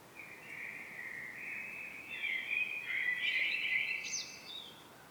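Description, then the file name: Common blackbird song, a long mellow warbled phrase rising in strength, finished by a brief high-pitched twittering flourish, then quiet. "Turdus merula"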